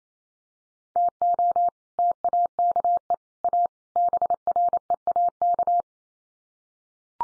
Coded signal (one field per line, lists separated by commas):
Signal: Morse code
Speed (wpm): 28 wpm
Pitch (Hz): 700 Hz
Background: none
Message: TO TAKE A BREAK